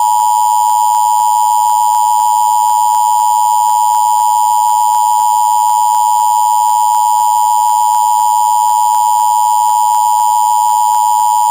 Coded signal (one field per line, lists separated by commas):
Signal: Emergency Alert System (SAME) tones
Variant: 853 and 960 Hz attention tone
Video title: EAS Required Monthly Test Mock-Up(with my voice)